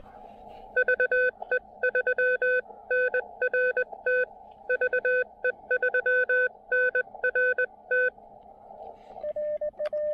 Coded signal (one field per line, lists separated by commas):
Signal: Morse code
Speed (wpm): 21 wpm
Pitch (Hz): 1500 Hz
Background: radio noise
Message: VE3NRT VE3NRT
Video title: An amazing QRP POTA ATNO at the Manicouagan Uapishka Biosphere Reserve in Baie-Comeau, Québec!